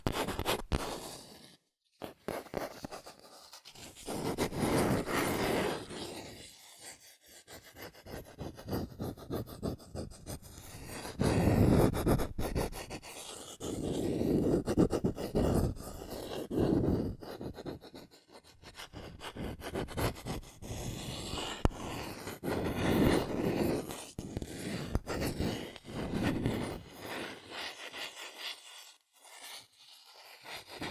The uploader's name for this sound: Fast CardboardPaper Tapping, Scratching, Tracing Sounds